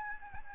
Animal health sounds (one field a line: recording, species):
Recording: mosquito wingbeat signal from an infrared sensor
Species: Aedes albopictus